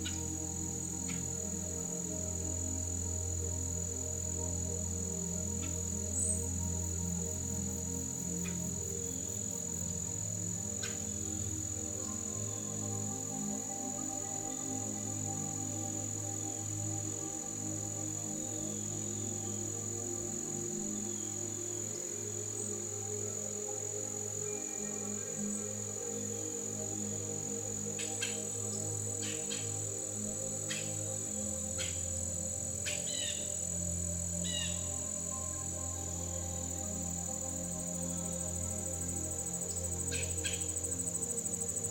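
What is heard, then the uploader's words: Forest sounds with a steady high insect trill, soft sustained music tones underneath, and scattered bird chirps clustering near the end. Natural forest sounds, beautifully intertwined with soft, soothing music.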